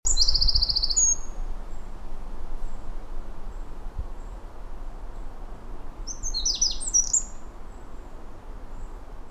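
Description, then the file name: Eurasian wren song: a loud high trill cut off at the start, then a shorter burst of rapid high notes later, over low background rumble. "Troglodytes troglodytes"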